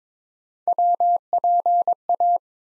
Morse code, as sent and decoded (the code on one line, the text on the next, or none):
.-- .--. .-
WPA